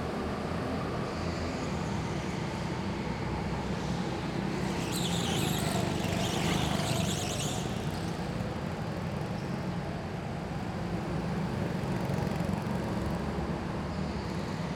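Go-kart track ambience with a steady low engine drone throughout, and a brighter whining engine sweeping past from about five to eight seconds.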